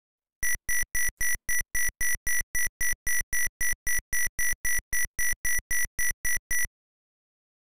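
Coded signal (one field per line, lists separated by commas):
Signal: none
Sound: video game sound effects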